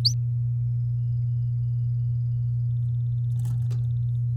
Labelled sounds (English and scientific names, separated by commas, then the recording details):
Domestic Canary (Serinus canaria) song
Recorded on 9 May 2018 at 07:03
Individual llb16